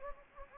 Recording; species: mosquito wingbeat signal from an infrared sensor; Anopheles gambiae